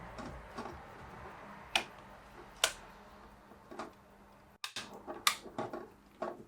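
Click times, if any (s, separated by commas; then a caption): 1.8 s, 2.6 s, 4.6 s, 5.3 s. During reassembly after a SteelSeries USB port repair, a plastic housing part is pressed back into the device casing. Sharp ticks and snaps sound at 1.8, 2.6, 4.6 and 5.3 seconds, with softer taps around them. The part snaps back into place and is seated.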